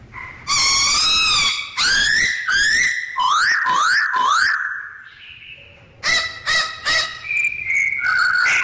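Bird song of loud, rich notes, then a few short rising whistles in quick succession, a brief lull, then choppy notes and level whistles.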